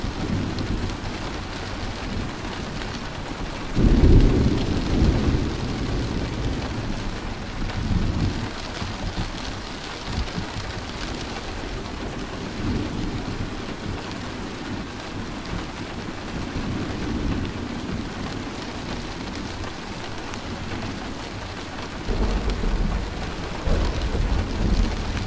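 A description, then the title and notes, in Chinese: Steady, dense rain hisses throughout a late-summer thunderstorm, with deep rolling thunder swelling near four seconds, again mid-clip, and after twenty-two seconds. 深夏 初秋 雷雨声。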